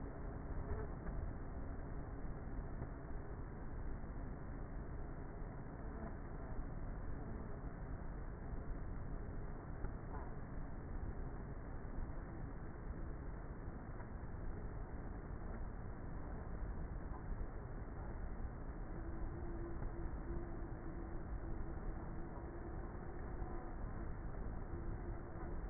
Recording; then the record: honeybee colony, microphone inside the hive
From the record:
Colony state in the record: queenless with a low population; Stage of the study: before two queens were removed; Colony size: about 30,000 bees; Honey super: no